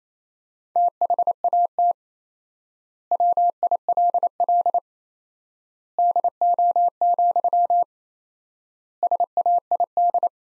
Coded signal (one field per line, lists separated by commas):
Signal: Morse code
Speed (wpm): 27 wpm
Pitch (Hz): 700 Hz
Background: none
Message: THAT WILL DO, SAID